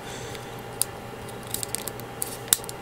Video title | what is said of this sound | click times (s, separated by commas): *GundamCustoms* 1/100 Strike Gundam Ootori Custom - Part 8 | it snaps into place like so | 2.5 s